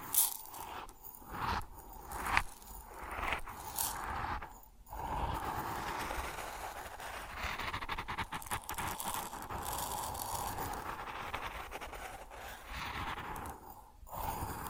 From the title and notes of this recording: ASMR Grain Sounds (No Talking).